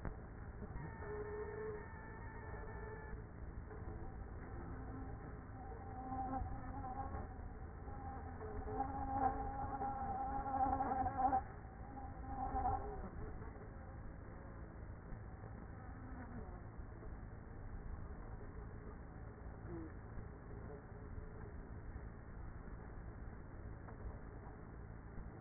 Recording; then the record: honeybee colony, microphone inside the hive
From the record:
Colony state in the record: queenless with a low population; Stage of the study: after two queens were removed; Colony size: about 30,000 bees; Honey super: no